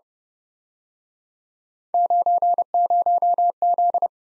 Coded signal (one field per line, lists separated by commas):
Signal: Morse code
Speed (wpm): 31 wpm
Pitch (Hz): 700 Hz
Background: none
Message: 90Z